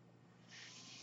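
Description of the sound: A low steady hum, then about halfway through a sudden loud airy hiss that holds to the end. This is the sound of a person's own mechanical ventilator pushing air during breath delivery.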